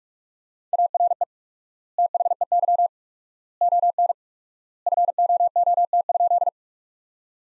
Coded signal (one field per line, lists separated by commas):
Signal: Morse code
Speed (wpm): 42 wpm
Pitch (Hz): 700 Hz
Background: none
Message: ARE THEY ON FOOT?